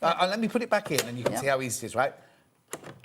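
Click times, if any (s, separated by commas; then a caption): 2.7 s, 3.0 s. Someone talks, then a small push-down part is pushed back into the back section of a computerised sewing/embroidery machine housing after popping out. Two short clicks are heard at 2.7 s and 3.0 s as it seats back in.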